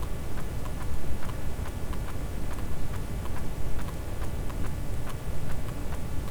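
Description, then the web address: Sperm whale click train: crisp clicks repeating steadily, a few each second, over heavy low background noise. "Physeter Macrocephalus cachalot"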